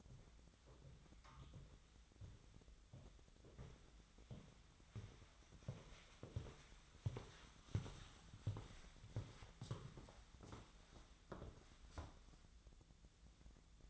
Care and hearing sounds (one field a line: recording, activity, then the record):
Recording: daily activity, microphone in the room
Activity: walk to room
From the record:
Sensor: 3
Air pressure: 1010.0 hPa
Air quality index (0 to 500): 183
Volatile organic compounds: 13 ppm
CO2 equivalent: 2383 ppm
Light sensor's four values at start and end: 43/105/45/49 and 40/101/43/46